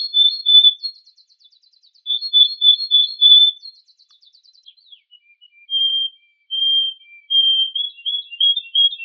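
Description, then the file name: Yorkshire canary song, rolling trills and faint buzzy rattles followed by level whistled notes and a short warble. Canary song combining Yorkshire and Russian styles. "kombinasi yorkshire vs rusia"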